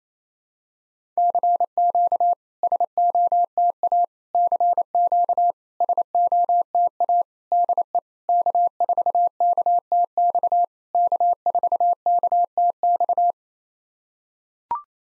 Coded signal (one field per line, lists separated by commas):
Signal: Morse code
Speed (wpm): 28 wpm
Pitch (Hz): 700 Hz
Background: none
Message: CQ SOTA CQ SOTA DE K4KTX K4KTX